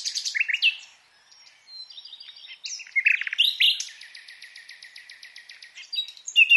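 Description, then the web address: Common nightingale delivering quick chirps and sweeps, a short pause, then a long fast series of evenly repeated notes. "SETE Luscinia megarhynchos"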